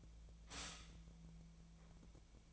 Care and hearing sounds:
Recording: daily activity, microphone in the room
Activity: stop toaster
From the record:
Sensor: 1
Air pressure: 1009.3 hPa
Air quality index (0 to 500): 195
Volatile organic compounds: 19 ppm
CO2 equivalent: 2661 ppm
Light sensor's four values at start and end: 27/69/29/34 and 27/69/29/34

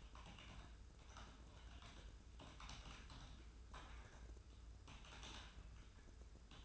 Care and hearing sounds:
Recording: daily activity, microphone in the room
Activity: typing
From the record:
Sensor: 2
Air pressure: 994.3 hPa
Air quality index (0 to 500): 210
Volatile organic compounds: 1000 ppm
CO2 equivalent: 6917 ppm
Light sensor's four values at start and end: 54/125/53/55 and 54/126/53/55

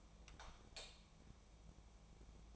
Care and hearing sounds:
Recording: daily activity, microphone in the room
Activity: light off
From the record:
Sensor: 1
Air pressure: 1000.0 hPa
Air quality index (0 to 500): 130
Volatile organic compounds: 2 ppm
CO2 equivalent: 1230 ppm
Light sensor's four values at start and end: 45/119/49/59 and 41/104/44/54

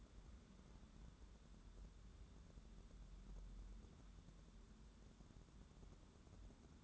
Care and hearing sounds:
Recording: daily activity, microphone in the room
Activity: wipe stove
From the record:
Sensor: 3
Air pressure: 1015.1 hPa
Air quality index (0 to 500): 85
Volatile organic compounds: 2 ppm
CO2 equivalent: 1158 ppm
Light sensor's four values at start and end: 15/39/16/17 and 15/39/15/16

